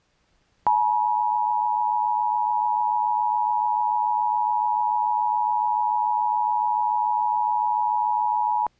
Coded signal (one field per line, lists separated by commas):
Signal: Emergency Alert System (SAME) tones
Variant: 853 and 960 Hz attention tone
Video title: EAS Alert - Flood Warning Intrusion (KUSA-Denver, CO - Sat. 9/14/2013)